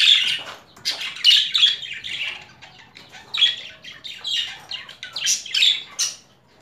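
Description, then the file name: Budgerigar calls, scratchy squawks in short clusters separated by quieter gaps, mixed with sharp chirps. Female budgerigar; mixed sounds. "Karisik Sesler Disi Muhabbet Kusu Sesi"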